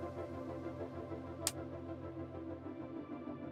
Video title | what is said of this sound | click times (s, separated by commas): Building Lego Himeji Castle - Part 2 | That was a satisfying snap. | 1.5 s